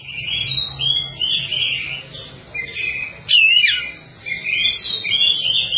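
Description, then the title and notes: Bird singing a steady stream of warbled, whistled phrases, with a sharp, louder squeaky burst near the middle before the flowing song resumes. "Bird Sound. Kicau Burung Lengkap"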